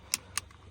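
An Allen wrench is pushed through a small hole in the steering column of a 2007 Volkswagen Jetta, whose key will not turn, to press the rear retaining tab of the ignition lock housing being replaced. Two sharp, bright clicks come at 0.1 s and 0.4 s, followed by a faint tick at 0.5 s over a low hum. The tab clicks free and the housing is released.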